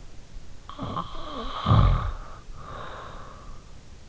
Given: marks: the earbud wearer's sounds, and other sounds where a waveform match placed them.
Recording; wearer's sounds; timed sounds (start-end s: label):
sounds in sleep by an in-ear microphone; snoring breath
0.43-3.46 s: snoring breath